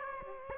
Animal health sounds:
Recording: mosquito wingbeat signal from an infrared sensor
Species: Aedes aegypti

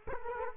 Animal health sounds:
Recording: mosquito wingbeat signal from an infrared sensor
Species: Culex quinquefasciatus

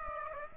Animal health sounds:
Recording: mosquito wingbeat signal from an infrared sensor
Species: Aedes aegypti

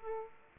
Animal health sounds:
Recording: mosquito wingbeat signal from an infrared sensor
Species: Aedes aegypti

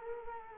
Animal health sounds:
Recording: mosquito wingbeat signal from an infrared sensor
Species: Culex quinquefasciatus

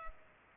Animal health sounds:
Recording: mosquito wingbeat signal from an infrared sensor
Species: Culex pipiens

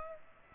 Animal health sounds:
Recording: mosquito wingbeat signal from an infrared sensor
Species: Culex pipiens

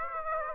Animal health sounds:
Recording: mosquito wingbeat signal from an infrared sensor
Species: Aedes aegypti

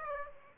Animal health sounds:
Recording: mosquito wingbeat signal from an infrared sensor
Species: Aedes aegypti

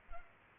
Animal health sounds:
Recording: mosquito wingbeat signal from an infrared sensor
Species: Culex pipiens

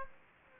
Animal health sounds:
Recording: mosquito wingbeat signal from an infrared sensor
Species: Aedes aegypti

